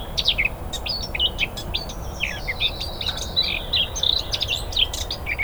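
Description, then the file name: Eurasian blackcap song, a fast tumbling series of high twittering and warbling notes with short clicks between them, carrying on without pause, over constant low background noise. "Sylvia atricapilla"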